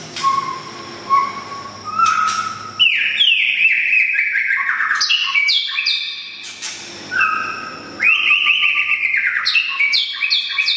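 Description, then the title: Oriental magpie-robin singing rich whistled phrases, rising and falling slurs mixed with sharp chirps and scratchy notes. "kacer"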